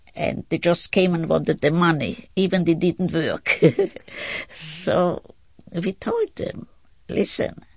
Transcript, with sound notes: And they just came and got their money even they didn't work. (she laughs) So and we told them, listen.